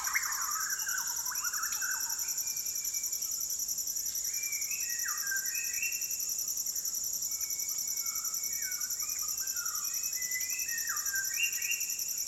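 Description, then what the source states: White-crowned shama song, long clear whistles with quick downward slurs, over a constant high insect chorus. Fluting calls in a dusk chorus at sunset over a rainforest valley, Maliau NP, Borneo; recorded with Sony PCM D10, Lom MikroUsi mics and BubbleBee Windbubbles.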